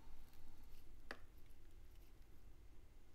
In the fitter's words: and then turn it counterclockwise you should be able to hear and feel a click as it drops into the thread